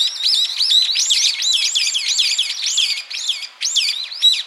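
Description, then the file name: Brown-eared bulbul giving harsh, high squealing notes, about two per second, overlapping in a dense run. "Ixos amaurotis"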